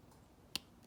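A shielded headlight wiring harness connector with a rubber skirt, for a Scion xB dual halo headlight, is pushed by hand into its mating plug. A single sharp, loud click sounds at 0.6 s over a quiet background, followed by a faint tick near 0.8 s. The connector clicks in and is seated.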